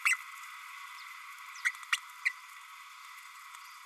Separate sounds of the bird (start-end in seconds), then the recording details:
0.05-0.16, 1.65-1.71, 1.92-1.97, 2.25-2.29. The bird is a male. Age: 30 days. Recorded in a nest box in Venezuela. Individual 17B32A6